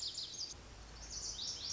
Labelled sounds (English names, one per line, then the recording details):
Lazuli Bunting
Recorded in Sonoma County, California